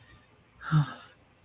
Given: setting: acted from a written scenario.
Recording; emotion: vocal sound without words; guilt